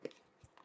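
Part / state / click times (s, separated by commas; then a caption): keyboard cover onto tablet connector edge / seated / 0.0 s. A detachable keyboard cover is attached to the connector edge of a Surface Pro tablet and snaps into place magnetically. A sharp snap at 0.1 s is followed by a soft low thump and a faint tap near the end. The cover is seated.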